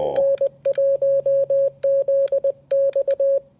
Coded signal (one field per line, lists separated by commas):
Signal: Morse code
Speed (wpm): 20 wpm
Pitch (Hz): 560 Hz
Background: none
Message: N1ZX